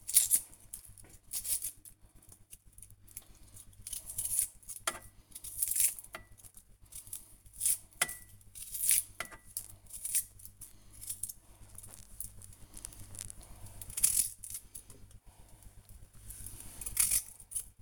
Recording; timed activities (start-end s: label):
household activities, microphone on the right wrist
0.00-17.82 s: cutting vegetables